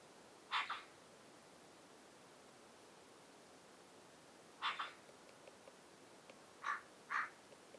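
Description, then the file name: Eurasian magpie making rough, grating call notes: one doubled note early, another about four seconds later, then two quick harsh calls close together near the end. "Pica pica"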